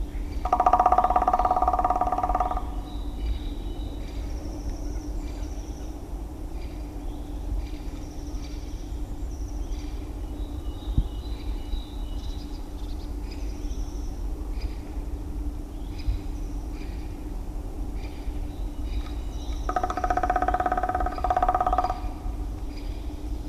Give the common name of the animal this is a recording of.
Black Woodpecker